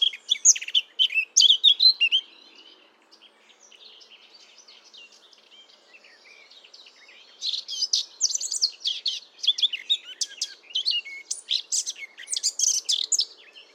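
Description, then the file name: Eurasian blackcap song: rapid, varied warbling phrases of chattering and whistled notes, one burst in the first two seconds, then a long, quieter stretch of faint notes before a denser, scratchy stretch. "Sylvia atricapilla"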